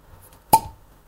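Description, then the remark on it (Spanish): A single sharp pop as a cork is pulled from a bottle, with a brief hollow ring trailing off afterward, over quiet background and no talking. “El destape para que tengas tu momento y justamente lo que hagas, y más en una noche fría como esta en todo el Cono Sur”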